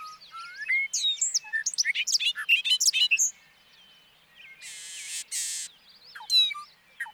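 Bobolink song, a fast jumble of bubbly, tinkling notes for about three seconds, then quieter chirps and two brief bursts of hissing noise.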